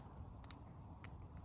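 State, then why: Seated. A red wire's crimped terminal is pushed into the K cavity of a plastic multi-pin connector on a hydraulic valve wiring harness, with faint ticks before two sharp clicks at 0.5 and 1.0 seconds. The terminal seats in the housing and should not pull back out.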